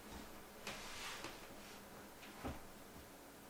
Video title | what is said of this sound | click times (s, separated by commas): DIY PC Build | that clicks into place it's set okay | 0.7 s